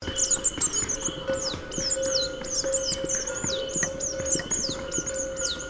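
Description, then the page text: Rufous-naped tit calling, a busy run of thin, high twittering and chattering notes in quick repeated bursts, over a steady low hum. Recorded in Ladakh. "rufous-naped tit – Birds of Ladakh"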